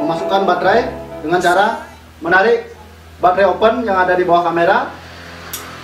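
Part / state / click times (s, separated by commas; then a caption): battery compartment door latch on the bottom of a camera / released / 5.5 s. Someone talks over soft background music while the battery compartment door latch on the bottom of a camera is pulled open. The latch clicks open at 5.5 s with a short, sharp click, releasing the battery door.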